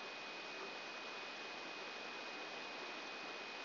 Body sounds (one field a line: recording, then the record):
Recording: brain microelectrode recording played as sound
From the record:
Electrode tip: outside the subthalamic nucleus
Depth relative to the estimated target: -2 mm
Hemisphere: right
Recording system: AlphaMap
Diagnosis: Parkinson's disease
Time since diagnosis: 9 years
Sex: male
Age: 66 years